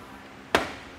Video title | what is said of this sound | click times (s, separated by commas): etrailer - Set up: Kuat NV 2.0 Bike Rack for 2 Bikes on a 2023 Toyota 4Runner | click back into place. | 0.5 s